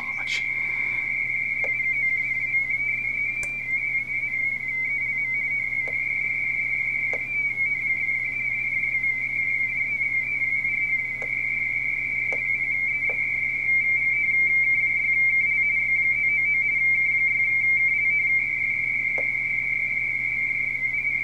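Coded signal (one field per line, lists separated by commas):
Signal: RTTY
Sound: continuous warbling two-tone teletype chatter near 2 kHz, several overlapping stations, over hum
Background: mains hum, radio static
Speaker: We're currently looking at a RTTY pileup on 30 meters for Fox Tango 4 Japan Alpha from Wanda Nova. And this is a mess.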